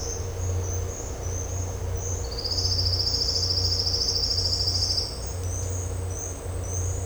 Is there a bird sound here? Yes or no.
no